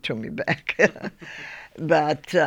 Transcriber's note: she laughs